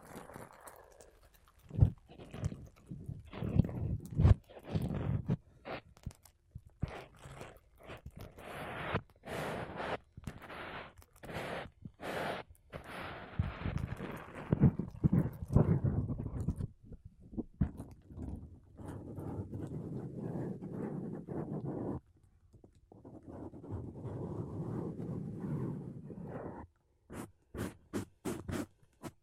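Makeup brushes and a sponge rub across a microphone in dense, soft, low swishes and scratchy strokes, broken by sharp taps and brief pauses.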